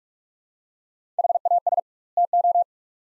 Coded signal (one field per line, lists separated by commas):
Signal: Morse code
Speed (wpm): 42 wpm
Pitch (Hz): 700 Hz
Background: none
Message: HAS TO